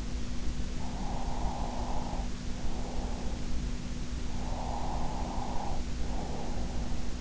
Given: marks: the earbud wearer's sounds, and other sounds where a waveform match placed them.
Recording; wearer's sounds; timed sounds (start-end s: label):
sounds in sleep by an in-ear microphone; breath
0.82-3.54 s: breath
4.23-6.90 s: breath